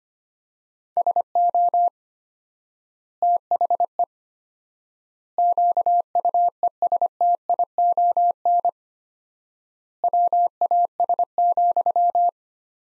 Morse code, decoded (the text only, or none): SO THE QUESTION WAS,